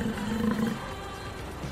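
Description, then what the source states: European bison, a low rough grunting roar lasting under a second, then steady background noise. Played back as a guessing-quiz sound.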